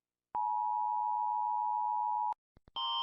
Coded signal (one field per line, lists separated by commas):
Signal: Emergency Alert System (SAME) tones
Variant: 853 and 960 Hz attention tone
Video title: PowerPlay rates EAS alarms!